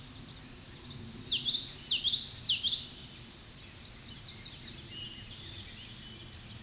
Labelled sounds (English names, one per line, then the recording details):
Common Yellowthroat song
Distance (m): 10 m
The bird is about 10 m above the microphone
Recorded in a Pennsylvania forest on 16 May 2024 at 08:04
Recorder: AudioMoth, point MSD-2061
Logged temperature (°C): 16.1 °C
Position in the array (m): 228 m, 181 m